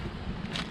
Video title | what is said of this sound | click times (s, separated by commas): 2WD 2008 Ford F150 Wheel Bearing, Rotor & Spindle Replacement | You heard it click at 295. | 0.6 s